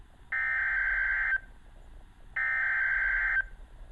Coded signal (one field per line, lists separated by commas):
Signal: Emergency Alert System (SAME) tones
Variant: header bursts